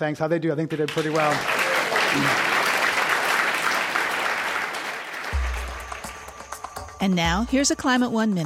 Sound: applause

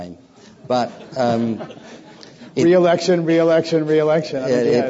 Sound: laughter

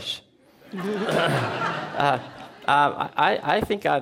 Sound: laughter

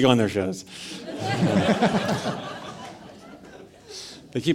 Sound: laughter

